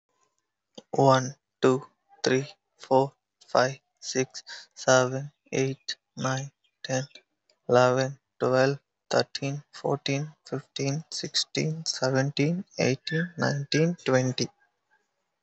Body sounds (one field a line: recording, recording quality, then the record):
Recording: counting at a normal pace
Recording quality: excellent, no background noise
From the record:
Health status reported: healthy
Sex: male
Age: 21 years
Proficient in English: yes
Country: India